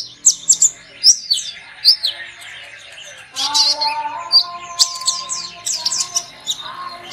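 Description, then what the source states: Sunbird uttering scattered squeaky high chirps, then a busier stretch of sharp notes over lower steady whistled tones. Lure sound for attracting birds.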